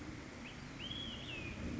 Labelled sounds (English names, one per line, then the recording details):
Olive-sided Flycatcher
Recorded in Sonoma County, California